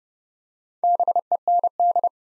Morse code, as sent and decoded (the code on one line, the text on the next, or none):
-... . -. -..
BEND